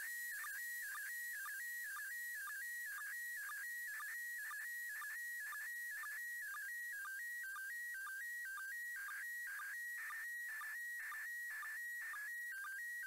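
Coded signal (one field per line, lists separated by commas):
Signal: SSTV (slow-scan television)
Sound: steady warbling tone near 1.8 kHz, shifting slightly, with short low blips twice a second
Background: radio static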